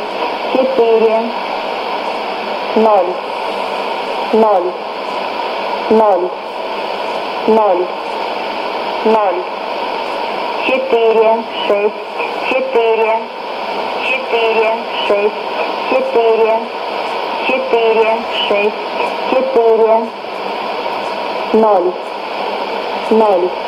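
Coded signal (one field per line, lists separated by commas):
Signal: numbers station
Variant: S06s, Russian female voice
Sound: a woman's voice reads short, evenly spaced words, about one every two seconds, over static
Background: radio static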